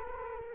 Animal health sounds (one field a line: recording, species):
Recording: mosquito wingbeat signal from an infrared sensor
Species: Culex quinquefasciatus